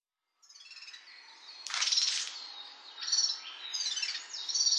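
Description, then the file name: Asian brown flycatcher uttering a thin high note followed by sharp bursts of twittering chirps, several quick phrases in a few seconds, quiet background. Recorded at Nasushiobara, Japan, on 6 June 2010. "kosamebitaki nasusiobara"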